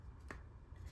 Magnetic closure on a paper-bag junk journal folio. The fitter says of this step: So I don't know, you can't really hear the snap, but